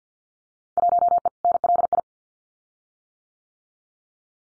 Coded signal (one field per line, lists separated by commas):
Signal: Morse code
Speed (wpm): 50 wpm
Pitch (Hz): 700 Hz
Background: none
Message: 1E NLI